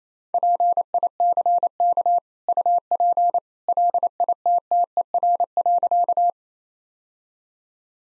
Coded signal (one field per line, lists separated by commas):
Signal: Morse code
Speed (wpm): 28 wpm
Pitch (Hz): 700 Hz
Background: none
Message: PICK UP LITTER.